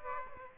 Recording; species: mosquito wingbeat signal from an infrared sensor; Aedes aegypti